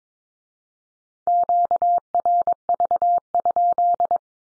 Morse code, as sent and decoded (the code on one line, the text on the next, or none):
--.- .-. ...- ..--..
QRV?